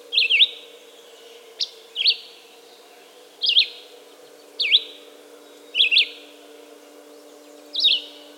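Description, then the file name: Red-eyed vireo repeating short slurred phrases, several in all, each separated by brief pauses, over a steady low-pitched hum. "red-eyed vireo song by jonathon jongsma"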